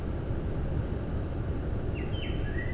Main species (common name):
Common Blackbird